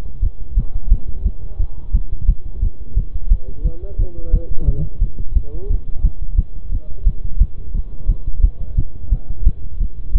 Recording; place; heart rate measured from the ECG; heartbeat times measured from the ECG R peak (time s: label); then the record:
heart sounds by stethoscope; between the tricuspid and mitral areas; 175 bpm
0.23 s: heartbeat
0.57 s: heartbeat
0.92 s: heartbeat
1.26 s: heartbeat
1.60 s: heartbeat
1.94 s: heartbeat
2.29 s: heartbeat
2.62 s: heartbeat
2.97 s: heartbeat
3.31 s: heartbeat
3.65 s: heartbeat
3.99 s: heartbeat
4.34 s: heartbeat
4.68 s: heartbeat
5.02 s: heartbeat
5.36 s: heartbeat
5.70 s: heartbeat
6.05 s: heartbeat
6.38 s: heartbeat
6.72 s: heartbeat
7.07 s: heartbeat
7.41 s: heartbeat
7.75 s: heartbeat
8.09 s: heartbeat
8.44 s: heartbeat
8.78 s: heartbeat
9.12 s: heartbeat
9.47 s: heartbeat
9.81 s: heartbeat
10.16 s: heartbeat
From the record:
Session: bicycle stress test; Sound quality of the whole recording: good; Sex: male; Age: 23 years